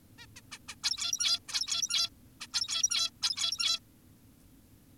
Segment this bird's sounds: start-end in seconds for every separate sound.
0.18-0.26, 0.36-0.41, 0.52-0.58, 0.68-0.75, 0.84-1.40, 1.48-2.10, 2.41-2.47, 2.54-3.10, 3.23-3.80